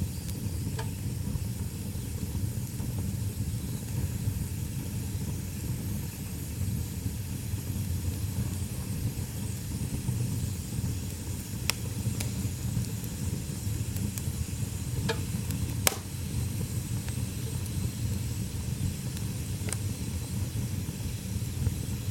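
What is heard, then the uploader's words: A fire burns in a stove with a steady, dense low roar that holds evenly throughout. Sharp crackles and pops break through now and then, clustered around the middle and later part, with a faint hiss above the rumble. Beside an open fire.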